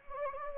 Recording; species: mosquito wingbeat signal from an infrared sensor; Anopheles gambiae